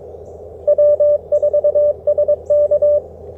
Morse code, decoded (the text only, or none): W4SK